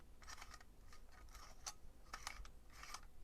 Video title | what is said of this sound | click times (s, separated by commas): PIPEMAN the Lover - Kit Instructions (Workshop) | feel it clicking around and you can't undo it again you can do it up more but | 2.1 s, 2.3 s, 2.9 s